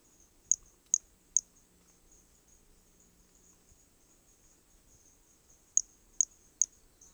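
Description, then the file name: Hermogenes' pumpkin toadlet call: three crisp, high-pitched notes, a pause of several seconds, then three more, with a continuous insect hum behind. Recorded specimen from Corcovado, MHNCI museum collection; starting notes lost, recorded without interruption. "Brachy hermogenesi Corcovado specimen one two starting notes lost without interruption"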